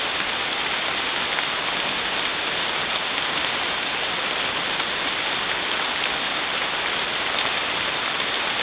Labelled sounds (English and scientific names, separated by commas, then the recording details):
none
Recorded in secondary vegetation near Puerto Asís, Putumayo, Colombia, on 30 June 2025 at 15:00
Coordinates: 0.485, -76.322
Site GP06